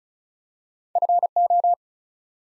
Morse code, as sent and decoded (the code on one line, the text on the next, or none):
..-. ---
FO